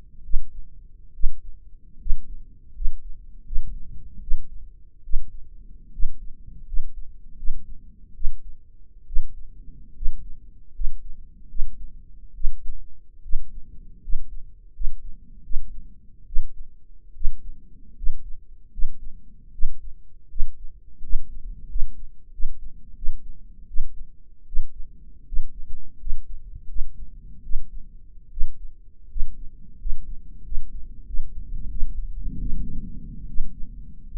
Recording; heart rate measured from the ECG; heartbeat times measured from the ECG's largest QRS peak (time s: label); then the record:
heart sounds by microphone in the right ear; 78 bpm
0.24 s: heartbeat
1.14 s: heartbeat
2.00 s: heartbeat
2.75 s: heartbeat
3.46 s: heartbeat
4.21 s: heartbeat
5.04 s: heartbeat
5.93 s: heartbeat
6.67 s: heartbeat
7.38 s: heartbeat
8.15 s: heartbeat
9.07 s: heartbeat
9.95 s: heartbeat
10.74 s: heartbeat
11.49 s: heartbeat
12.35 s: heartbeat
13.23 s: heartbeat
14.02 s: heartbeat
14.74 s: heartbeat
15.44 s: heartbeat
16.26 s: heartbeat
17.15 s: heartbeat
17.96 s: heartbeat
18.72 s: heartbeat
19.53 s: heartbeat
20.30 s: heartbeat
21.03 s: heartbeat
21.69 s: heartbeat
22.32 s: heartbeat
22.96 s: heartbeat
23.68 s: heartbeat
24.47 s: heartbeat
25.26 s: heartbeat
25.99 s: heartbeat
26.68 s: heartbeat
27.43 s: heartbeat
28.31 s: heartbeat
29.09 s: heartbeat
29.79 s: heartbeat
30.44 s: heartbeat
31.06 s: heartbeat
31.69 s: heartbeat
32.39 s: heartbeat
33.28 s: heartbeat
34.08 s: heartbeat
From the record:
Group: healthy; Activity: rest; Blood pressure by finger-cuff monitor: 156/98 mmHg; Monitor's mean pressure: 114 mmHg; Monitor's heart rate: 79 bpm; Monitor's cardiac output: 7.2 L/min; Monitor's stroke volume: 94 mL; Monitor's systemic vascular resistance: 1160 dyn s/cm5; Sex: male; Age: 23 years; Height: 179 cm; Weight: 87 kg